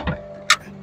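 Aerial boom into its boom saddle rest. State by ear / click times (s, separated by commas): seated / 0.5 s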